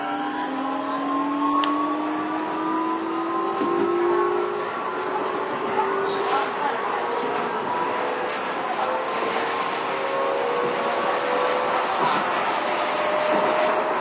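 Keio 9000 series train running: a steady rumble under slowly rising motor whine tones as it speeds up, with scattered clicks and rattles.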